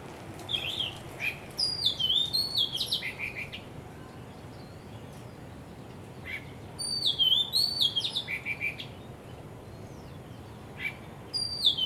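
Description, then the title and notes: Bird delivering lively warbled phrases of whistles and chirps in three bursts, with quiet gaps between them. Birds singing vigorously at Wu Kai Sha, Hong Kong, on 15 December 2006; recorded with AKG condenser microphones in XY stereo. "香港 烏溪沙 雀鳥勁唱歌 Date: 15 December 2006"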